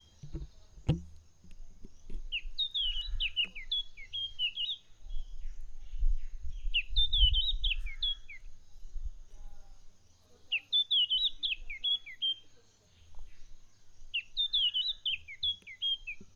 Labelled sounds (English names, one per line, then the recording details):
Red-backed Scrub-Robin
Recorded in northern Uganda